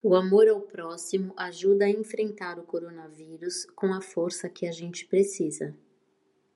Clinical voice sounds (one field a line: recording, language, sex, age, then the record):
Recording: spoken sentence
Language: Brazilian Portuguese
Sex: female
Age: 50 to 59 years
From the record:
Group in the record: control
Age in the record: 59 years